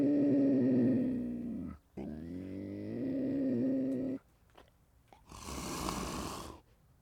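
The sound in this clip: Puma calling with a drawn-out, harmonic wailing note that wavers slightly, a short break, then a second long wail, followed by a breathy hissing burst.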